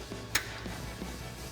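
The second plastic push-in retainer clip is pressed flush into the intake or airbox mount on a 2024-2025 Tacoma during an SXTH Off Road CPLT cold air intake install. One sharp, short click is heard at 0.4 s over a faint low background. The clip snaps home, locking the part in place and leaving it secure.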